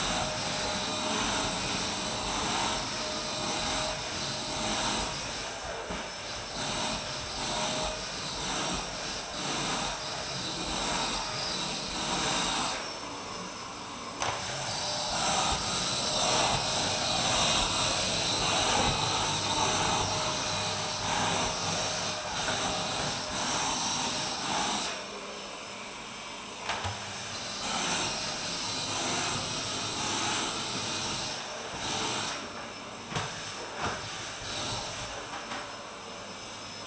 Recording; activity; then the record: daily activity, microphone in the room; vacuum cleaning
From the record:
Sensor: 2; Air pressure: 1001.8 hPa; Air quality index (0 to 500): 248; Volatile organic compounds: 39 ppm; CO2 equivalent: 3130 ppm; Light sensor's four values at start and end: 8/26/10/9 and 8/27/10/10